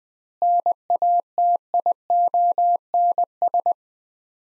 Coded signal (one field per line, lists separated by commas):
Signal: Morse code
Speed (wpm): 20 wpm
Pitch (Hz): 700 Hz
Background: none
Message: NATIONS